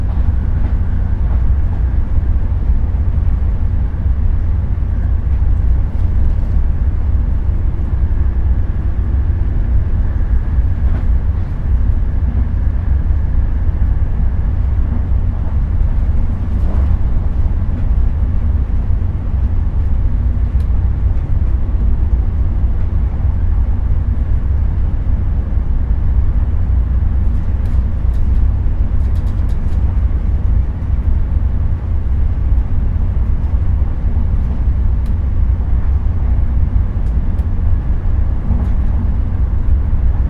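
A steady, dense low rumble fills the inside of a moving train carriage, heavy in the bass and unchanging in level throughout. Faint creaks and small clicks surface now and then, with a brief rattle near seventeen seconds and light ticks around twenty-eight seconds.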